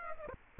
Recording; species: mosquito wingbeat signal from an infrared sensor; Aedes aegypti